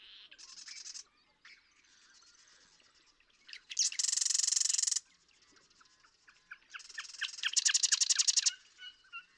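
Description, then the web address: Marsh Wren song: rattling trills of varied pitch, a loud buzzy burst midway, then a rapid stuttering trill. "birdsongforthecurious Marsh Wren"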